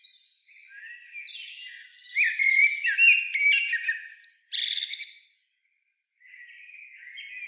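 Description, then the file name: Common blackbird singing mellow, fluty warbled notes that build into a louder phrase with sharp high twitters, followed by a pause and a soft further phrase. "Turdus merula"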